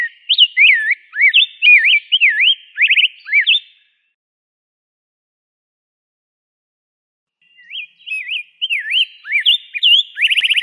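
Rose-breasted grosbeak song, a long flowing phrase of liquid whistled notes, a silent gap, then another warbled run ending in a rapid trill.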